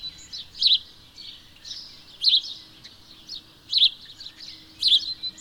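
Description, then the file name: House sparrow calls: loud chirps with softer ones in between, over faint steady background noise. "Passer domesticus"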